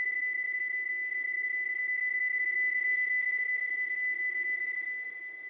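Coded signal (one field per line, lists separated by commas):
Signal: PSK31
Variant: BPSK31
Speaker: the first mode will be psk31 more precisely the mode is B psk31 for binary phase shift King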